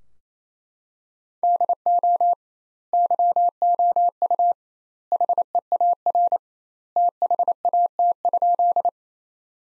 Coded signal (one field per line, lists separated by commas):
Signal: Morse code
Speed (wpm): 28 wpm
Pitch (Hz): 700 Hz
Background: none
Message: DO YOU HEAR THAT?